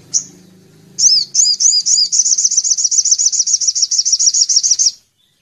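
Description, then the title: Little spiderhunter song: a long run of rapid, high, sharp chipping notes. Training song for cage songbirds. "Sogok Ontong Labaik"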